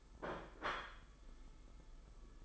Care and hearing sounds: daily activity, microphone in the room; place plate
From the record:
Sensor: 5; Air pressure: 991.0 hPa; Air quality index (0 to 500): 139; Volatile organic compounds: 100 ppm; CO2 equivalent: 3755 ppm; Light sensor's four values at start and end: 38/121/46/49 and 38/121/46/49

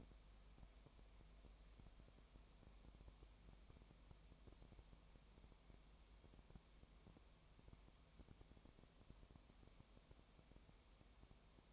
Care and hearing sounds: daily activity, microphone in the room; no activity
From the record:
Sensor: 1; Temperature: 19.4 degrees Celsius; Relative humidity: 35.7%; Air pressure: 1003.3 hPa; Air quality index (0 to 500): 113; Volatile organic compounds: 2 ppm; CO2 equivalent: 1257 ppm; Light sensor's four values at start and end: 1/2/1/1 and 1/2/1/1

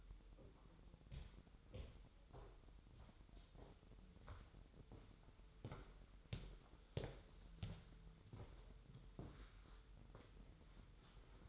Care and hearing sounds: daily activity, microphone in the room; walk to room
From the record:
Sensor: 3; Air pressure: 988.2 hPa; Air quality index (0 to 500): 186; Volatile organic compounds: 220 ppm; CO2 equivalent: 4278 ppm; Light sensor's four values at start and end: 24/75/31/27 and 24/74/31/27

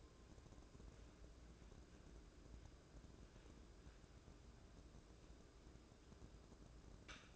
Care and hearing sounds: daily activity, microphone in the room; wipe stove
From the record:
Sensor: 2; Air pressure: 1012.2 hPa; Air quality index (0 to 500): 158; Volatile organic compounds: 2 ppm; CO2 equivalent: 1150 ppm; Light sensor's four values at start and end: 443/1139/433/459 and 442/1134/432/457

